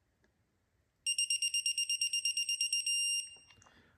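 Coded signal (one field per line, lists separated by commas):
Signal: none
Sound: a torque wrench's beeps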